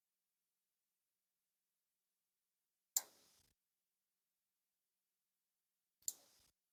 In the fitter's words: And just like that, it should click in pretty well.